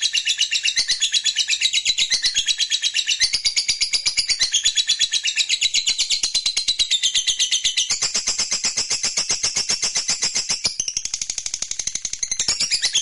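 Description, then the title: Lovebird in a sustained, fast, scratchy chattering trill, high-pitched and continuous for the whole stretch, with the pitch band shifting slightly up and down. Fighter lovebird; ngekek panjang, a long trill. "Begitu Dengar Suara Lovebird FIGHTER NGEKEK PANJANG"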